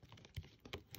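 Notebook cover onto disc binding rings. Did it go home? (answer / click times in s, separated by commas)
yes / 0.4 s, 0.7 s, 1.0 s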